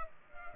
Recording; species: mosquito wingbeat signal from an infrared sensor; Culex pipiens